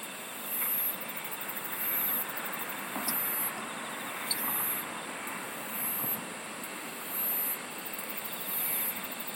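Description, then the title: Insect song: short high buzzy bursts repeated regularly over a constant chorus of other insects. "SINGING OF INSECTS"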